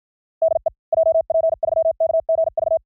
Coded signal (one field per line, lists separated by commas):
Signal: Morse code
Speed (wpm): 53 wpm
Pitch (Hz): 650 Hz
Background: none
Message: DE JP3KGV